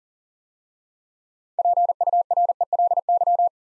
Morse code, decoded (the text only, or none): PURELY